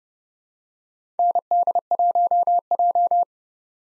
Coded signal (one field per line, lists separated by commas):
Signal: Morse code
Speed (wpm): 30 wpm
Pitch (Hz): 700 Hz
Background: none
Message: ND1J